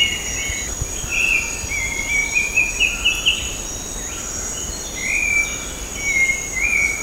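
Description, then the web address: Grey-cheeked bulbul giving bright, wavering chattery phrases, one long run near the start and another near the end, against a constant shrill buzz of insects. Recorded at Sepilok on 6 August 2009. "SEPILOK 20090806. grey-cheeked bulbul"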